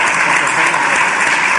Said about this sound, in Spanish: No aplaudas, qué feo.